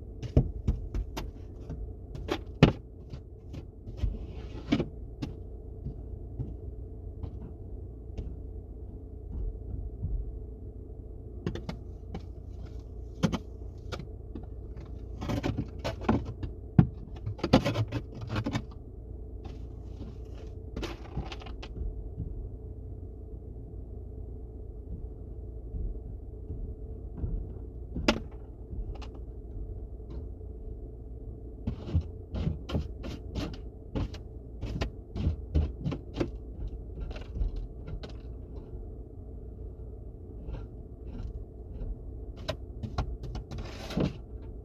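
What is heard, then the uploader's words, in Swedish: A car drives along with a steady low engine and road rumble filling the whole clip. Sharp clicks and knocks break through often, in clusters around 2–5, 13–22 and 32–44 seconds, like rattles, handling or keys inside the cabin. ASMR A drive to work. Biltur.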